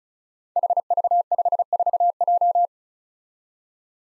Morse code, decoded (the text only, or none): HV54J